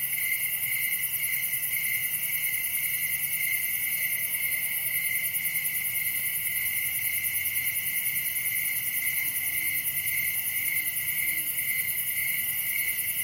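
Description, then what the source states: A cricket chorus of unbroken high trills fills the night air, with a few faint soft low calls in the background toward the end. Crickets, recorded at night in summer in a wooded area of Dell Creek State Wildlife Area.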